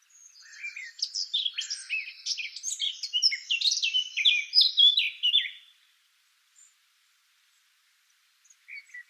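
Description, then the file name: Eurasian blackcap giving one sustained, tumbling warble of bright, quick notes lasting about five seconds, then near silence with a few brief final notes. "Sylvia atricapilla"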